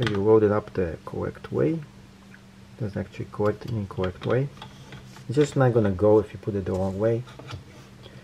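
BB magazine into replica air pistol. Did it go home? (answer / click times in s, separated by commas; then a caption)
no / none. A BB magazine for an Umarex Legends M712 replica air pistol is handled and lined up the correct way before being pushed into place, while someone talks throughout. Only faint, brief handling ticks are heard under the voice. Nothing has seated or clicked yet.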